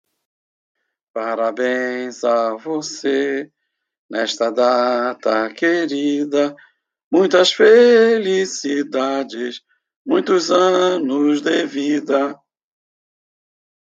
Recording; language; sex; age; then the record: short text; Brazilian Portuguese; male; 60 to 69 years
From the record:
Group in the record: control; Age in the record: 68 years